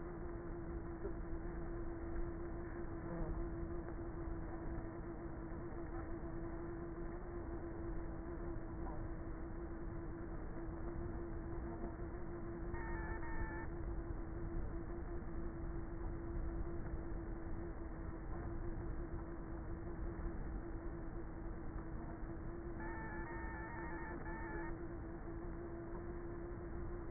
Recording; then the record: honeybee colony, microphone inside the hive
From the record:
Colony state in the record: queenless with a low population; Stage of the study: before two queens were removed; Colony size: about 30,000 bees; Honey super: no